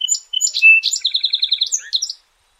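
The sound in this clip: Song sparrow song: a few sharp introductory notes and a buzzy note, then a fast, even trill of repeated notes ending in a short jumbled flourish.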